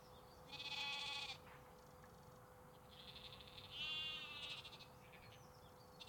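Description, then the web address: Sheep give two quavering bleats about three seconds apart, with softer bleating between them. Sheep and lambs, recorded in UK canals, parks and forests. "Sonniss com - GDC 2023-Game Audio Bundle. UK Canals, Parks Forests Sheeps Lamps"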